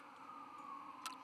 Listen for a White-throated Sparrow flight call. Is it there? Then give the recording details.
no. No flight call is heard. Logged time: 01:45 on 17 November 2014